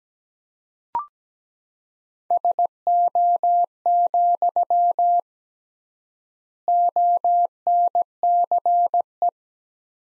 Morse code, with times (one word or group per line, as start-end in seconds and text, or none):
2.3-5.2 SO,
6.7-9.3 ONCE